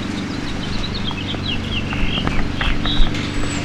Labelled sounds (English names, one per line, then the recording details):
House Finch song
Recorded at Moriches on Long Island, New York, on 22 June 2013
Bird A